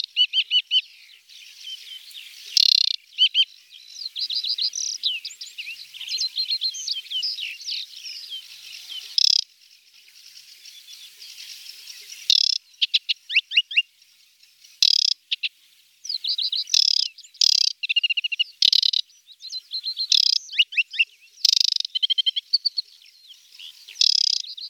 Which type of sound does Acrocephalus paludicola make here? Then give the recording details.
song. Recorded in the wild. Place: Nagyivan / Hortobagy, HU. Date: 1988-05-09. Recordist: Schwarz, Dieter